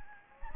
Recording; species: mosquito wingbeat signal from an infrared sensor; Anopheles gambiae